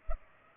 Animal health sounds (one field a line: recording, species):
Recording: mosquito wingbeat signal from an infrared sensor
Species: Culex pipiens